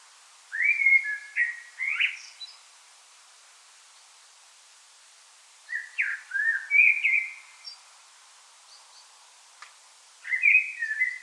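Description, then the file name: Common blackbird song in three mellow, fluty phrases with slurred notes, each separated by a silent gap of a few seconds. "Turdus merula"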